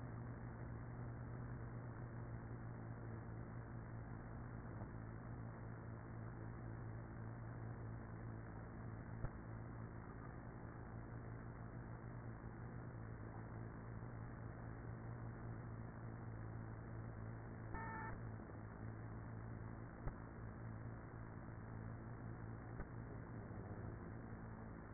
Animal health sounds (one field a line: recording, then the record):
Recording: honeybee colony, microphone inside the hive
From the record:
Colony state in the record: queenless with a low population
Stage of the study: after two queens were removed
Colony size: about 30,000 bees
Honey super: no